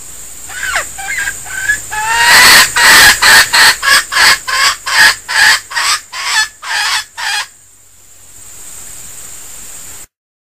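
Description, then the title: Junglefowl giving a few thin squeaky notes, then a fast run of about a dozen loud, harsh clucks that stops, ending in near silence. Female junglefowl; decoy bird, called denak in Malay. "Suara Ayam Hutan Betina. SUARA DENAK AYAM HUTAN"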